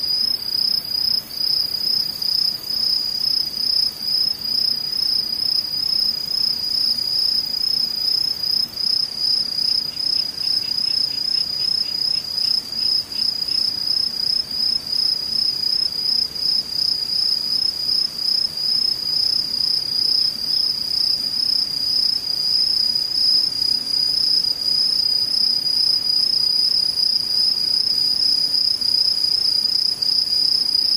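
Insects chirr without pause for the whole stretch, a high, piercing trill that holds steady from start to finish. Over it, another insect adds a fast, pulsing chirp during the first nine seconds, then drops away. A faint low hum runs underneath.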